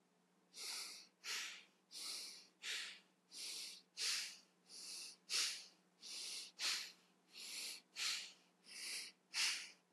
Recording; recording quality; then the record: shallow breathing; excellent, no background noise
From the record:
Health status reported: healthy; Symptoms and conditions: none ticked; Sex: male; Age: 25 years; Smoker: not ticked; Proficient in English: yes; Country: India